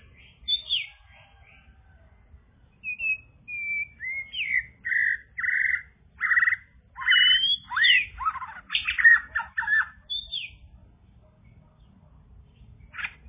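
Bird song: a varied run of clear whistles and harsh notes, then after a pause a brief final note.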